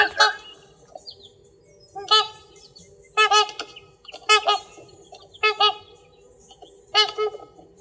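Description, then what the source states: Trumpeter Swan trumpet calls: loud, nasal, horn-like honks given in short bursts, roughly every one to two seconds, with quiet gaps between. Visitor from the Midwest in a swamp wildlife area in Vermont; call sounds like a trumpet.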